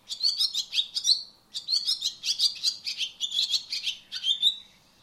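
Barn swallow chatter, fast high chirps and squeaky twitters running almost continuously, with one brief gap early on.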